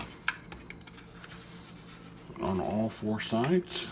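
A new plastic power window and mirror switch module for a 2012 Chevy 2500 Silverado is pushed into the truck's door trim panel from the opposite side until its retaining tabs click in on all four sides. A sharp snap comes at 0.3 s, followed by a few fainter ticks, and then someone talks. The module is seated in the door panel.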